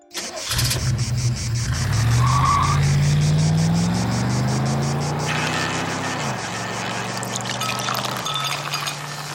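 A car engine cranks briefly and catches, then revs up with a rising hum and pulls away, the pitch dropping at each gear change as it keeps driving steadily.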